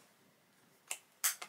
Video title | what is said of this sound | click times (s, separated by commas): HOMEWARE & THRIFT HAUL THE MOST BEAUTIFUL SPRING THINGS! 🌸 | and pop that inside add this part back in till it clicks | 1.2 s